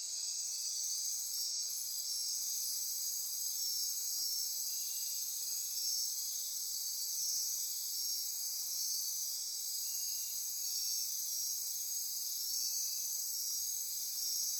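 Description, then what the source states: Insects in a dense continuous chorus, a steady high shimmering drone with pulsing bands. Insect chorus recorded at midnight near Corcovado.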